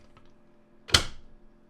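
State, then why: Seated. The drive assembly of a KitchenAid ice cream attachment is pushed fully in onto the dasher in the freeze bowl on a stand mixer, with a faint tick at 0.2 s. A sharp, bright click rings out at 1.0 s and fades over a fraction of a second. The drive assembly is seated and engaged with the dasher.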